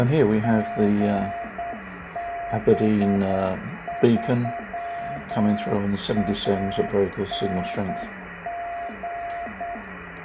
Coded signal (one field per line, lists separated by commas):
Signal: Morse code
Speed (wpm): 8 wpm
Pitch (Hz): 690 Hz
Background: speech, radio noise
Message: GB3ANG